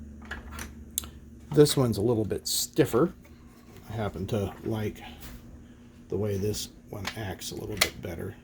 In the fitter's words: locks in place